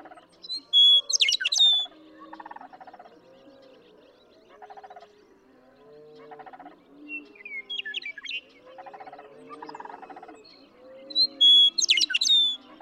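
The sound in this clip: Western meadowlark song, a bright whistled and gurgling phrase near the start and again near the end, with repeated low harsh pulsed sounds between them.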